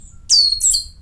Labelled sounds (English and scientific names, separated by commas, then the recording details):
Stitchbird (Notiomystis cincta) song
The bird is a male
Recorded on Tiritiri Matangi Island, New Zealand, in 2005
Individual 22, of nest box 31